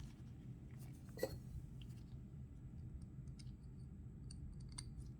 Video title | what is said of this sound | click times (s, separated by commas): 2019 Daiwa Certate LT 4000D-C Upgrade | And it pops right in. | 4.8 s